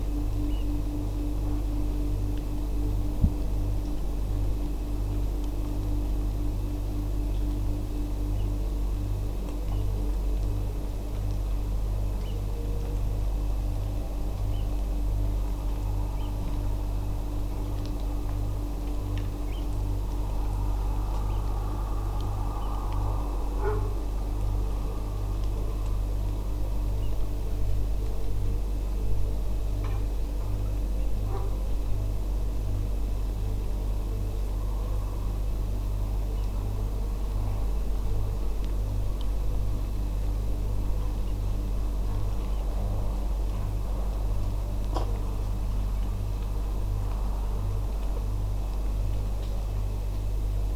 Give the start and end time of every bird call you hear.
[0.49, 0.63] Eurasian Oystercatcher (Haematopus ostralegus)
[8.35, 8.42] Eurasian Oystercatcher (Haematopus ostralegus)
[9.71, 9.80] Eurasian Oystercatcher (Haematopus ostralegus)
[12.22, 12.35] Eurasian Oystercatcher (Haematopus ostralegus)
[14.52, 14.62] Eurasian Oystercatcher (Haematopus ostralegus)
[16.17, 16.27] Eurasian Oystercatcher (Haematopus ostralegus)
[19.48, 19.60] Eurasian Oystercatcher (Haematopus ostralegus)
[21.29, 21.38] Eurasian Oystercatcher (Haematopus ostralegus)
[22.61, 22.68] Eurasian Oystercatcher (Haematopus ostralegus)
[27.02, 27.08] Eurasian Oystercatcher (Haematopus ostralegus)
[30.98, 31.05] Eurasian Oystercatcher (Haematopus ostralegus)
[36.37, 36.45] Eurasian Oystercatcher (Haematopus ostralegus)
[41.25, 41.31] Eurasian Oystercatcher (Haematopus ostralegus)
[42.52, 42.60] Eurasian Oystercatcher (Haematopus ostralegus)

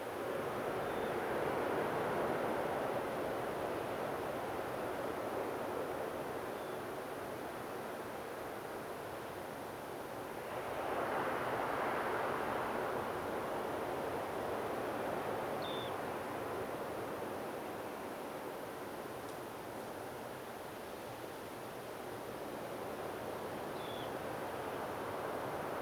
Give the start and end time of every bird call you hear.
[0.81, 1.13] Dunlin (Calidris alpina)
[6.56, 6.77] Dunlin (Calidris alpina)
[15.61, 15.90] Dunlin (Calidris alpina)
[23.75, 24.06] Dunlin (Calidris alpina)

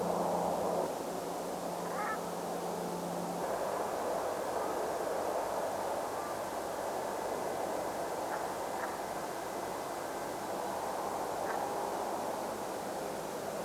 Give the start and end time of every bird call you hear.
[1.85, 2.17] Brent Goose (Branta bernicla)
[8.31, 8.37] Brent Goose (Branta bernicla)
[8.80, 8.86] Brent Goose (Branta bernicla)
[11.48, 11.56] Brent Goose (Branta bernicla)

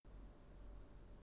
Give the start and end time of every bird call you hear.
[0.46, 0.81] Common Sandpiper (Actitis hypoleucos)

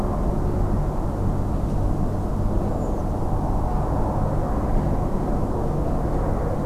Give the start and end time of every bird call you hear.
[2.69, 3.02] Redwing (Turdus iliacus)

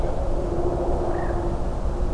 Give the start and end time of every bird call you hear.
[1.14, 1.34] Common Moorhen (Gallinula chloropus)

